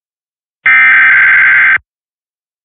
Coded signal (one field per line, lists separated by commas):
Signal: Emergency Alert System (SAME) tones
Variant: header bursts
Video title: East Coast Chaos Episode 23: A Chaotic Marginal - 4/20/2024